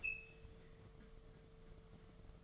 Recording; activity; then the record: daily activity, microphone in the room; open fridge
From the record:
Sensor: 4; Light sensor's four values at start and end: 11/25/10/10 and 9/20/8/9